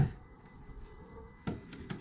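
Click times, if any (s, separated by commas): none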